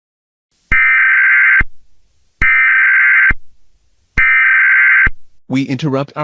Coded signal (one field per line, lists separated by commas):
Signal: Emergency Alert System (SAME) tones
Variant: header bursts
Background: speech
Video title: eas test 4